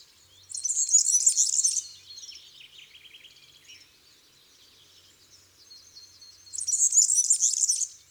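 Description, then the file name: European serin song: two fast, high, jangling bursts of buzzy twittering several seconds apart, with thin quieter notes in between. Garden birds. "Serin cini"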